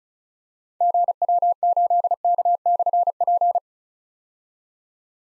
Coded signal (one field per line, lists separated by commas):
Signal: Morse code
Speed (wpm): 36 wpm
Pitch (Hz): 700 Hz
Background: none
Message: GW8K/P